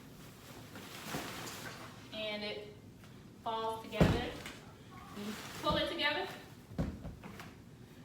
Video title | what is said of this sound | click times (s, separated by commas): Evenflo Aero2 Unboxing & Review | it just snaps right in place right here | 7.4 s